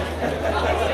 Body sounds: background sound without coughing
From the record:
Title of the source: CITY SOUNDS Busy Bar in the Evening Night - 2 HOURS of Ambiance for Relaxation

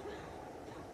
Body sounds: coughing mixed with background sound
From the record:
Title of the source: female coughing - coughing sound effects girl

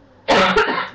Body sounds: coughing mixed with background sound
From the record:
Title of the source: Barking cough - # 10

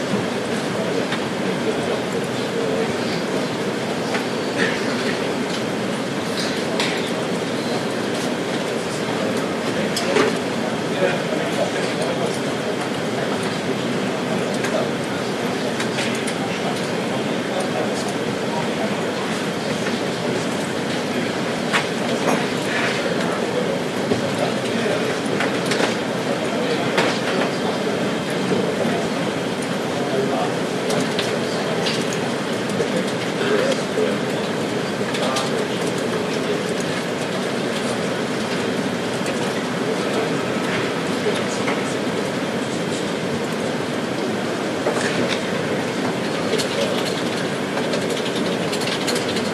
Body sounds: background sound without coughing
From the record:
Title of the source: Office Sounds Ambience - Background Noise for Study and Work

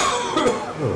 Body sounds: coughing mixed with background sound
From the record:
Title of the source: Mid-morning Winter Coughing Fit

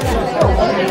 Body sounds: background sound without coughing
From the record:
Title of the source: Nightlife Party Simulating Party Club Noise 1 Hour

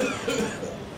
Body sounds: coughing mixed with background sound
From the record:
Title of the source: Spring Cold Coughing.

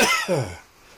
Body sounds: coughing mixed with background sound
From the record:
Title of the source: Dry Afternoon Cough

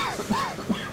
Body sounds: coughing mixed with background sound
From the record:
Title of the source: Spring Allergy Coughing

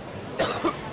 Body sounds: coughing mixed with background sound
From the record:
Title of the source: Coughing 79

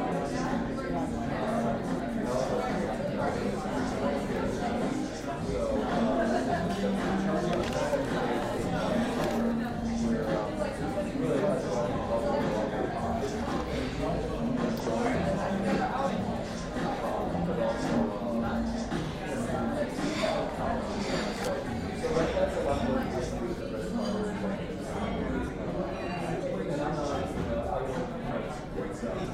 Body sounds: background sound without coughing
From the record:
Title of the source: 60 minutes of coffee shop sounds for study and concentration

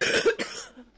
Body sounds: coughing mixed with background sound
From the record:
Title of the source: 30 Chesty and wet cough

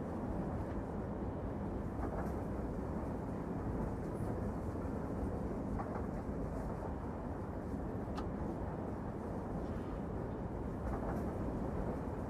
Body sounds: background sound without coughing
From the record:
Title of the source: Train Ride Ambience ambient white noise for sleeping, focus, studying, reading

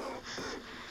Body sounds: coughing mixed with background sound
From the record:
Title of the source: Coughing 77

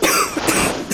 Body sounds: coughing mixed with background sound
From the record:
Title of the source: 31 night wet cough

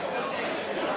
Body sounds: coughing mixed with background sound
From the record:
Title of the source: Residual Phlegmy Morning Coughing and Gagging

